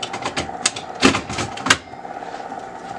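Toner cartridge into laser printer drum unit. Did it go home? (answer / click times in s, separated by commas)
yes / 0.7 s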